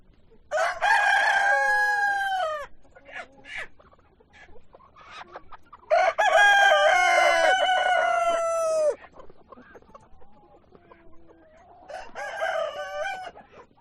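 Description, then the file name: Chicken crowing: three loud crows, with brief clucks and quieter calls between them. Chickens on a chicken farm. "west wolf Chicken farm"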